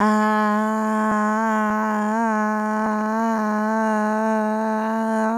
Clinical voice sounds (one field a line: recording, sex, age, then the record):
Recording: sustained vowel /a/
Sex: female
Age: 20 to 29 years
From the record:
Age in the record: 26 years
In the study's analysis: excluded